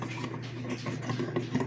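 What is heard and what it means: A red plastic noodle blade attachment is handled and lined up by its nubs against a spiralizer power base, giving light plastic taps and rubs with brief sharp contacts near 0.0 and 1.4 seconds over a steady low hum. Nothing has clicked into place yet; the attachment is still being aligned before it is pushed home.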